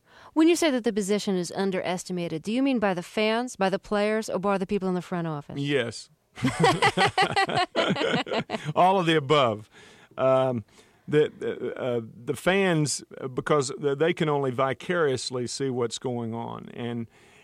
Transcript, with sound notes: When you say that the position is underestimated, do you mean by the fans, by the players or by the people in the front office?
Yes.
(LAUGHTER)
All of the above - the fans because they can only vicariously see what's going on